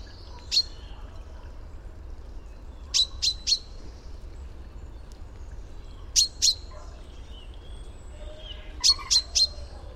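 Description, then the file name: Common chaffinch giving sharp, high call notes, singly or in quick bursts of two to three, spaced a few seconds apart, with soft background noise. "Fringilla coelebs"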